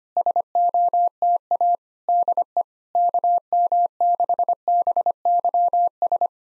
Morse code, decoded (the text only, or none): SOTA DE KM6BYS